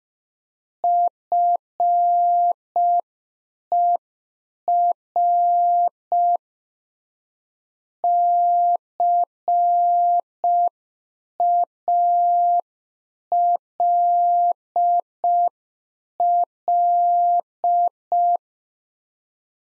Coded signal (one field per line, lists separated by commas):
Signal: Morse code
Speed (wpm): 5 wpm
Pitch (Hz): 700 Hz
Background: none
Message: FER CALL